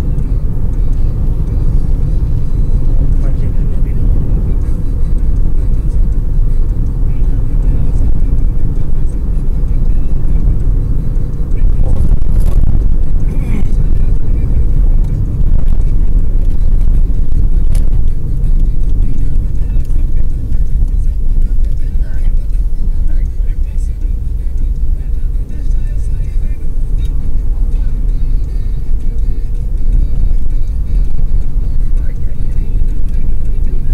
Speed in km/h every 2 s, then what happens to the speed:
79, 78, 76, 76, 77, 77, 76, 73, 66, 51, 40, 34, 38, 42, 44, 46, 47.
0-13 steady at about 77. 13-22 brakes to 34. 22-34 speeds up to 47.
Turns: none.